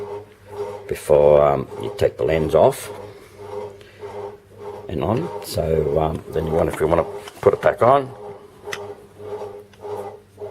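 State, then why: Seated. An interchangeable lens is put back onto a DSLR camera body's bayonet mount after being removed and twisted until it locks, while someone talks. The lens seats with a sharp click at 8.7 s.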